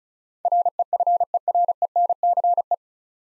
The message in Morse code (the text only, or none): REFERENCE